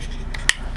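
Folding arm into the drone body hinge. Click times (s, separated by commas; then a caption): 0.5 s. A plastic folding arm of a small glossy orange FuriBee H818 foldable quadcopter is unfolded into its hinge on the drone body. Faint ticks come at 0.3 and 0.8 s, and a single sharp plastic snap at 0.5 s shows the arm locking into the open position.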